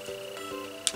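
A watch band lug is slid into the groove of a smartwatch case, with steady tonal music underneath. A single sharp click at 0.9 s marks the band seating securely in the case.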